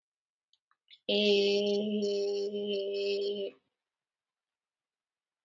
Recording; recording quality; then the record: sustained vowel as in made; excellent, no background noise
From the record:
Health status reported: COVID-19 positive, moderate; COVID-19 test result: positive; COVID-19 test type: RT-PCR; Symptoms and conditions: cold, breathing difficulty, sore throat, muscle pain, loss of smell and taste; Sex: female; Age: 22 years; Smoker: no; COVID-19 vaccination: both doses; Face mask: worn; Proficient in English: yes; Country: India